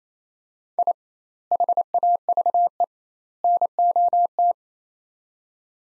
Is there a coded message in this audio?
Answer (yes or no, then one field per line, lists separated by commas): yes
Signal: Morse code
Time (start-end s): 0.8-4.5 s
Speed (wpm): 28 wpm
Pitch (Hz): 700 Hz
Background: none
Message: I HAVE NOT